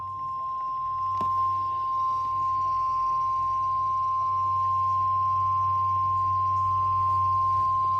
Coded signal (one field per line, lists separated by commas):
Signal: Emergency Alert System (SAME) tones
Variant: 1050 Hz attention tone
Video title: EAS Alerts From 11/4/24 (EAS #3473-3492)